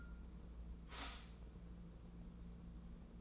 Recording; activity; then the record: daily activity, microphone in the room; stop toaster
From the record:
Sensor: 1